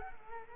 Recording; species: mosquito wingbeat signal from an infrared sensor; Culex quinquefasciatus